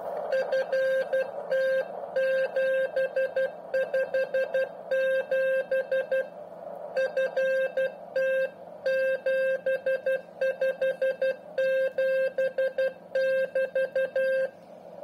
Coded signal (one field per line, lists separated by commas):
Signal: Morse code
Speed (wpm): 12 wpm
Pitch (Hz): 530 Hz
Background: radio noise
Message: FT757 FT 757<BT>